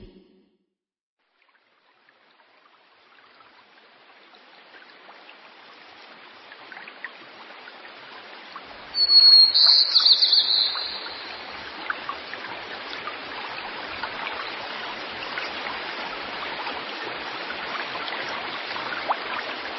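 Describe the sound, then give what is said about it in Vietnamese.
A babbling stream in a forest of lush green trees fades in from silence and settles into a steady, rushing gurgle of water, with a brief high chirp partway through. No voices. “Trong khu rừng nọ, cây cối xanh tươi, suối reo róc rách, có rất nhiều loài thú cùng sinh sống.”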